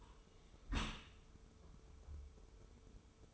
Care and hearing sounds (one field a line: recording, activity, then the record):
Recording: daily activity, microphone in the room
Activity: close dishwasher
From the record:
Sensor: 1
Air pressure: 1015.0 hPa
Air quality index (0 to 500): 25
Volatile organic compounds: 0 ppm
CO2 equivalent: 504 ppm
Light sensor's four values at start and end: 13/30/12/13 and 13/30/12/13